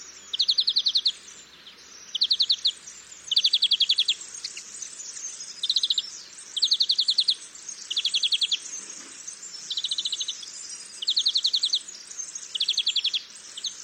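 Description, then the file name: European greenfinch uttering a series of brief rattling trills at slightly uneven intervals, each made of fast repeated notes. "Chloris chloris"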